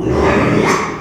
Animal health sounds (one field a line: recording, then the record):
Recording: squeal of a Yucatan mini pig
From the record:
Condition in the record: after surgery on the right vocal fold (resection and tissue-engineered implant)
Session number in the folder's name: 3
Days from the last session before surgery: 33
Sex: male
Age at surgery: 12 weeks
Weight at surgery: 13 kg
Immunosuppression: cyclosporine, prednisolone